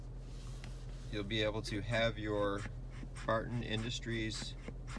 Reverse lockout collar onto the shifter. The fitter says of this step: and then once it clicks,